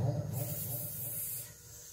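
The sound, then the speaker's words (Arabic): During a ruqyah (Quran recitation) session, a person imitates a snake with a sustained, airy hiss lasting just over a second, bright and steady, over a low murmuring background before fading out. “ماذا هذا صوت؟ ماذا ثعبان؟ ثعبان توي ثعبان”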